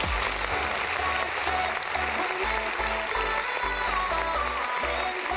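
Loud, sustained audience applause at a live show welcoming the next artist, a dense crackle of clapping riding over background music with a steady, pulsing bass beat. No one speaks.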